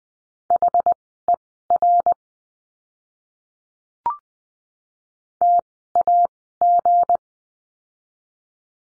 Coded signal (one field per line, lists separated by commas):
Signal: Morse code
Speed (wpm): 20 wpm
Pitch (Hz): 700 Hz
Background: none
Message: HER TAG